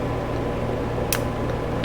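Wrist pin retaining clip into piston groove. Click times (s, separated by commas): 1.1 s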